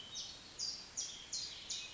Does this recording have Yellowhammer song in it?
no